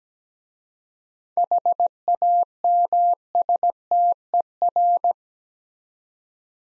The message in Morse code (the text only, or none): HAMSTER